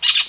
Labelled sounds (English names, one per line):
Brown-throated Parakeet contact call